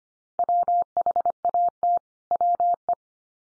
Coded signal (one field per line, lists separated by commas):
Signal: Morse code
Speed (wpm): 25 wpm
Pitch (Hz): 700 Hz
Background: none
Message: WHAT WE